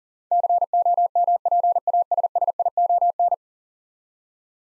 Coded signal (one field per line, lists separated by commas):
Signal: Morse code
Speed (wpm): 37 wpm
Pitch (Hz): 700 Hz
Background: none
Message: COMPASSION